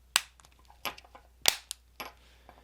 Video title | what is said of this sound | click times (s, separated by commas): Honda Accord 2022–2023 Key Fob Battery Replacement 🔋🔑 - Quick & Easy Guide | And if you squeeze it together, you'll hear them click. | 0.2 s, 1.5 s